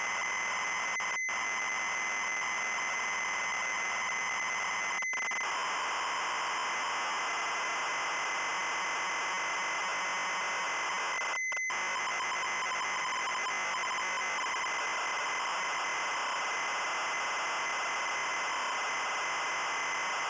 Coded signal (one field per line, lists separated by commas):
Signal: ZX Spectrum tape loading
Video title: Chloe Aprende a Reciclar (ZX Spectrum) Loading